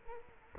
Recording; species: mosquito wingbeat signal from an infrared sensor; Culex quinquefasciatus